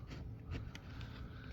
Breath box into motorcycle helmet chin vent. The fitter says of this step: I can just kind of feel my where they are I got that one popped into place now I'm going to go in for this one